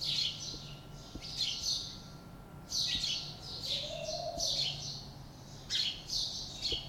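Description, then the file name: House sparrow chirping: bursts of bright, harsh chirps in clusters, pausing briefly between bouts, over a faint steady tone early on and a soft low hoot midway. "Passer domesticus"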